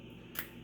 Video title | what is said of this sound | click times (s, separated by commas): A.O. Smith AO-US-RO-4000 Stage 1, 2, 3, & 4 Water Filter Replacement. | Boom. Clicks right in. | 0.4 s